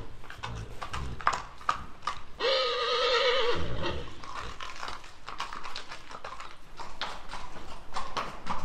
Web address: sons chevaux